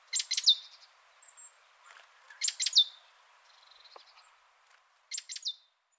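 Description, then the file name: Great tit calling with short bursts of bright, high, falling notes, three groups spaced a couple of seconds apart, faint thin sounds between them. "Parus major"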